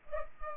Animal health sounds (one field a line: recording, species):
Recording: mosquito wingbeat signal from an infrared sensor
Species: Culex pipiens